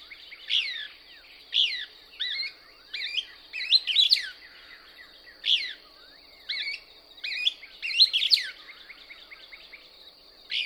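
Couch's Kingbird repeating bursts of sharp, twisting chip notes, some clusters louder and more tumbling, with a constant thin high tone underneath.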